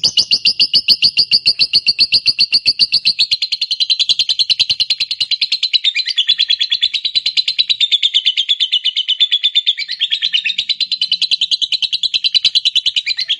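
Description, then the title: Lovebird song, a long continuous stream of fast high buzzy chatter, slightly wavering in pitch, unbroken for the whole stretch. Recording used to prompt a lazy lovebird into eager, spontaneous singing. "LOVEBIRD Malas Bunyi JADI GREGET SPONTAN Langsung NARIK"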